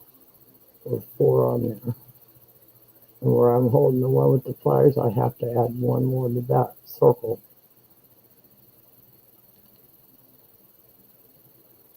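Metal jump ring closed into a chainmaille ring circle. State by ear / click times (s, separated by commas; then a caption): not seated / none. While making a chainmaille bracelet, a metal jump ring is held with pliers to be added as one more ring into a circle of rings, with someone talking from about 1 to 7.4 seconds over a low steady hum. The rest of the clip is quiet handling, and the ring has not been closed yet: nothing has clicked or seated, so the click that signals its cut ends meeting has not happened.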